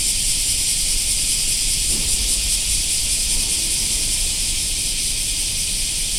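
Black cicadas giving a steady, high-pitched, droning hiss.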